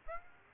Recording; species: mosquito wingbeat signal from an infrared sensor; Aedes aegypti